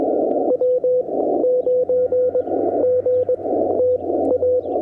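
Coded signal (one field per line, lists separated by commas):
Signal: Morse code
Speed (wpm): 20 wpm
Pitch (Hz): 500 Hz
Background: none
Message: W9GTA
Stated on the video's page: Morse sent with US Morse Paddles on a Yaesu FT-891 at 25 watts into a 17-ft whip on a mag-mount, during a POTA-style activation from a hotel.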